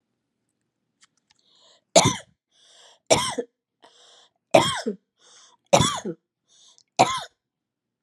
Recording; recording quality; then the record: heavy voluntary cough; excellent, no background noise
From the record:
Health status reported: healthy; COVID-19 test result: negative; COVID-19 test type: RT-PCR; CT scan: not taken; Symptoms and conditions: cold, sore throat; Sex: female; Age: 35 years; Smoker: no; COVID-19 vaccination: both doses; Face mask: not worn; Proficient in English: yes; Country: United States